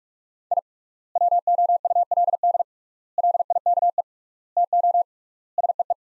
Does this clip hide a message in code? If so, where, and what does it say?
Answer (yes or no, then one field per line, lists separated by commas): yes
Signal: Morse code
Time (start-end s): 0.5-5.9 s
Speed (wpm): 46 wpm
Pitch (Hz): 700 Hz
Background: none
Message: I WOULD LIKE TO SEE